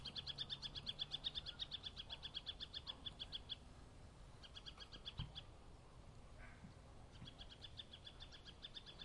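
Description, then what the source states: Birds chirping in rapid repeated high notes, breaking off in short gaps before resuming, over low background noise. Suburban setting.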